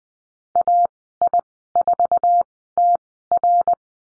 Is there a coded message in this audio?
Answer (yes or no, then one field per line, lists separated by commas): yes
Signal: Morse code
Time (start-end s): 0.6-3.7 s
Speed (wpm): 20 wpm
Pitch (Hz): 700 Hz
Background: none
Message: AI4TR